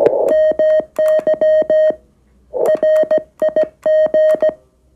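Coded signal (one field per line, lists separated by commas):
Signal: Morse code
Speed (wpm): 16 wpm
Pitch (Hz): 620 Hz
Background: none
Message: MY RIG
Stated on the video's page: QRP-to-QRP CW contact on the 40m band with the small SW-3B radio.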